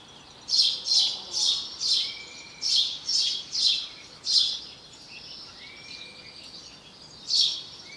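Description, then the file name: House sparrow chirps, loud repeated notes in a run of eight, then a pause and one more chirp, with faint thin whistles behind. "Passer domesticus"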